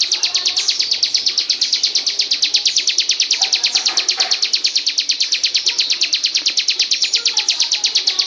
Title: Kicau Kacer